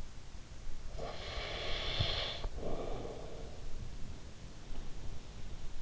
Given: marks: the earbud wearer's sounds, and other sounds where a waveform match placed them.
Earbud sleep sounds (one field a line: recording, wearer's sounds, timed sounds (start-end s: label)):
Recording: sounds in sleep by an in-ear microphone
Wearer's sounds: breath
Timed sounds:
0.70-4.04 s: breath